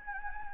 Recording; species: mosquito wingbeat signal from an infrared sensor; Anopheles gambiae